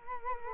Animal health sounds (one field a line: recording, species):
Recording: mosquito wingbeat signal from an infrared sensor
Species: Culex quinquefasciatus